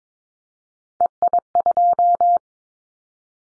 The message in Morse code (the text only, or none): EI2